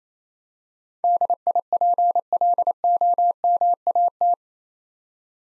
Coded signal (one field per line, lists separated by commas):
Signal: Morse code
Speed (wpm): 29 wpm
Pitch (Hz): 700 Hz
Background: none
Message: DIPLOMAT